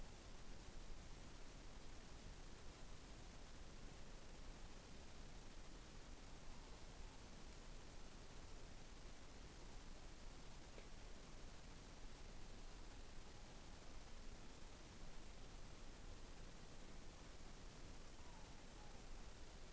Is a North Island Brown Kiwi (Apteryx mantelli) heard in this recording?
no